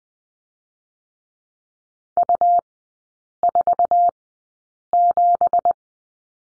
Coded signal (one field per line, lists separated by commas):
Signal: Morse code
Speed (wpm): 20 wpm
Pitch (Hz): 700 Hz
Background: none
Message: U47